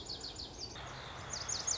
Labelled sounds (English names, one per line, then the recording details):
Lazuli Bunting
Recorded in Sonoma County, California